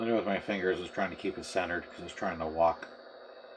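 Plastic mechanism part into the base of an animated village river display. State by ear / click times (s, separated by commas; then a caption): not seated / none. A plastic mechanism part is held centered with the fingers over the base of a Lemax Skull River animated Christmas-village river display under repair, because the part tends to drift. Someone talks throughout, and a faint hum continues after the talking stops. Nothing has seated or clicked yet.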